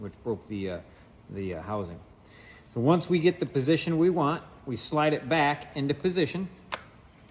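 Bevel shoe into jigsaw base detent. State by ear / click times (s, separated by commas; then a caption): seated / 6.7 s. A man talks while the bevel shoe (base plate) of a Milwaukee d-handle jigsaw, one whose housing has been broken, is slid back into position. At 6.7 s a short, sharp click is heard as the shoe seats into the straight 90° detent, ready to be locked.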